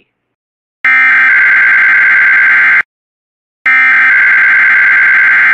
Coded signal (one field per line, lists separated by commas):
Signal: Emergency Alert System (SAME) tones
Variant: header bursts